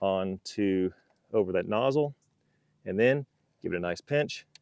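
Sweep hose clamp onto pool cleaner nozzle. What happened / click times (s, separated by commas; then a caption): Handled, not yet home: no clamp click yet / none. Someone talks while a plastic pinch clamp on a Polaris pool cleaner tail sweep hose is slid onto the nozzle and about to be pinched so its teeth click shut. Only speech is heard, with no click or other sudden sound. Nothing has seated or clicked yet.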